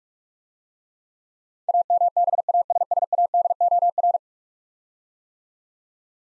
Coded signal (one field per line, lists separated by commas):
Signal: Morse code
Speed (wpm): 44 wpm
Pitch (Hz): 700 Hz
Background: none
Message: AMBASSADOR